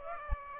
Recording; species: mosquito wingbeat signal from an infrared sensor; Aedes aegypti